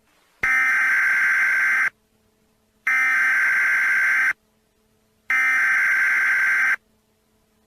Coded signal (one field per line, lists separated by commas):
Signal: Emergency Alert System (SAME) tones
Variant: header bursts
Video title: Eas prank alien's are coming Free to use